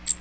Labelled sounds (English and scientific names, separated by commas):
Magnolia Warbler (Setophaga magnolia) flight call